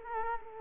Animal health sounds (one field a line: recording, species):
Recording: mosquito wingbeat signal from an infrared sensor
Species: Culex quinquefasciatus